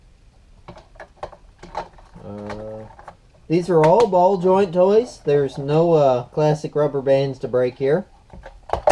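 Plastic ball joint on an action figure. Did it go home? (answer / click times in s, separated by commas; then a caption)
yes / 8.7 s. Someone talks while moving a part of a plastic ball-joint action figure into position, with a few faint handling clicks early on. At 8.7 s the ball joint gives a sharp, positive click as it seats into place.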